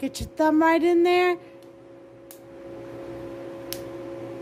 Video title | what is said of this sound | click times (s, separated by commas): Ep. 12 - The Complete Setup Of NxStage Premixed Dialysis & My Treatment Process | hear that two clicks and then | 2.3 s, 3.7 s